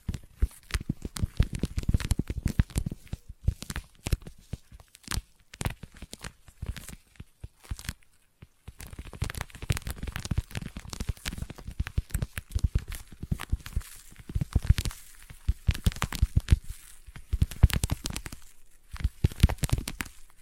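Sticky tapping and sticky triggers make dense, fast bursts of clicky, crackling taps with a tacky, peeling texture. The taps come in busy clusters with brief pauses, around 8 seconds and again near 19 seconds, and each snap reaches from low thumps to bright crackle.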